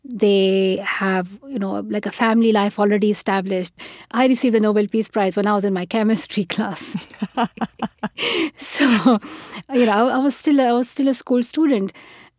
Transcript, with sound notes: They have, you know, like, a family life already established. I received the Nobel Peace Prize when I was in my chemistry class.
(LAUGHTER)
So, you know, I was still a school student.